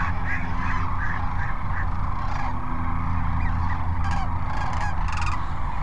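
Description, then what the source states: Sandhill cranes, several distinct rolling, rattling calls standing out from a busy flock chorus, over a low droning hum. Sandhill cranes at Cochise Lakes on 30 January 2019.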